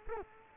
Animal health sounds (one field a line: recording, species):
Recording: mosquito wingbeat signal from an infrared sensor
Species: Culex quinquefasciatus